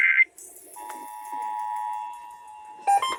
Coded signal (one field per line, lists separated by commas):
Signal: Emergency Alert System (SAME) tones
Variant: 853 and 960 Hz attention tone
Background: speech